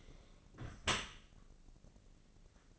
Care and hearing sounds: daily activity, microphone in the room; close dishwasher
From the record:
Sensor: 4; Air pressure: 1013.2 hPa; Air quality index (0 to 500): 171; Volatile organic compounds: 2 ppm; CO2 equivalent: 1077 ppm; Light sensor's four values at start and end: 81/200/83/85 and 81/201/84/86

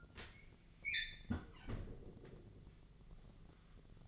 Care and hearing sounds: daily activity, microphone in the room; close fridge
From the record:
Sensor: 4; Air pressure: 1000.8 hPa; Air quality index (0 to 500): 134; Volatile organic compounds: 2 ppm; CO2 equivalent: 999 ppm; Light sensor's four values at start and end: 27/65/27/30 and 29/70/29/32

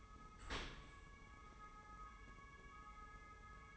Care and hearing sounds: daily activity, microphone in the room; open dishwasher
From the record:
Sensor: 1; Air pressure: 1015.0 hPa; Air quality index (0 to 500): 25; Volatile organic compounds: 0 ppm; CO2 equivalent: 504 ppm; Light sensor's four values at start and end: 13/30/12/13 and 13/30/12/13

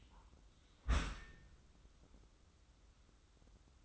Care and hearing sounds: daily activity, microphone in the room; close dishwasher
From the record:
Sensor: 3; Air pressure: 994.4 hPa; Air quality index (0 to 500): 210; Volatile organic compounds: 1000 ppm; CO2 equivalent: 7008 ppm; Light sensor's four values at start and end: 213/513/218/219 and 212/513/218/219

